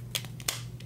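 A plastic hood panel on a Transformers Masterpiece MP-18S Silverstreak toy car is pressed down firmly, after a red panel has been pulled out 1 or 2 millimeters, so its front tab snaps into a slot on the toy car body. Several small clicks and taps come before the loudest sharp snap at 0.5 seconds, when the tab seats in the slot, followed by fainter ticks.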